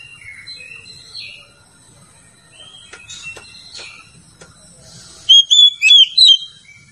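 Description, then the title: Oriental magpie-robin, with quiet whistles and a few clicks before a short, loud burst of bright, ringing whistled notes near the end. "Kacer"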